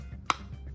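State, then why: Seated. A miniature plastic umbrella attachment for a mini baby doll accessory, which fits only one way, is lined up and pressed onto its articulated stem mount. A single sharp, loud pop is heard at 0.3 s over a low background hum, and the umbrella is seated in place.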